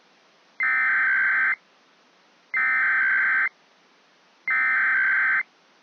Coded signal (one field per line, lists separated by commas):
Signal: Emergency Alert System (SAME) tones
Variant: header bursts